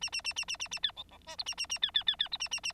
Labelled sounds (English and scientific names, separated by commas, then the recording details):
Bengalese Finch (Lonchura striata domestica) song
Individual Bird9